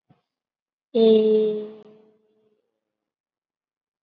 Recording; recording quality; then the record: sustained vowel as in made; moderate, slight background noise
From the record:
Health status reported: COVID-19 positive, mild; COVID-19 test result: positive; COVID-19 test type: RT-PCR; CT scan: not taken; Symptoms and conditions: cough, cold, breathing difficulty, fever, fatigue, muscle pain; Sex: female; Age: 20 years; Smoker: no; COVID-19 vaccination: none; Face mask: worn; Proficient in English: yes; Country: India